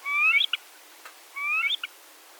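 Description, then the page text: Black-necked grebe calls: two rising, whistled notes with a harmonic, each ending in a short clipped tail, against a quiet background. Chattering by the water. "Звуки Поганки. ЗВУКОДАР"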